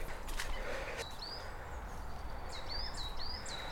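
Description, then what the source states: Coal tit song: thin, high whistled notes repeated several times in quick succession over a steady rumble of background noise. Singing bird flitting around in a scraggy mixed woodland of conifers, including a few pines, and deciduous trees, where some trees had been felled.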